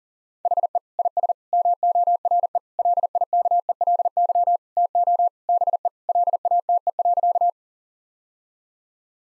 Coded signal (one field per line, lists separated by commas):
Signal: Morse code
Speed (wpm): 40 wpm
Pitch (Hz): 700 Hz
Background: none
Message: HE IS MORE LIKELY TO BE LATE.